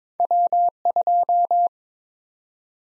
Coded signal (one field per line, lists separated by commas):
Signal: Morse code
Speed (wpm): 22 wpm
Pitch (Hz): 700 Hz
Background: none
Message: W2